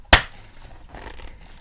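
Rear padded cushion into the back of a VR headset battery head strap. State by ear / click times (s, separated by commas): seated / 0.1 s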